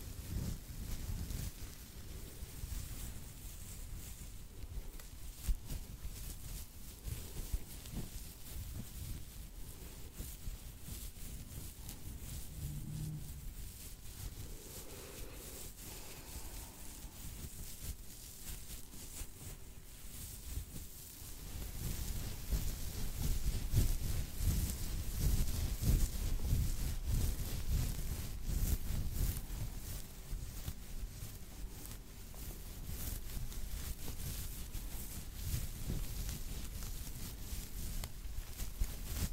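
A scalp massage: fingers rub and scratch through hair in a steady, dense rustle with soft low thumps. It stays fairly even for the first twenty seconds, then grows louder and rougher, with heavier rubbing and brighter crackling through the rest.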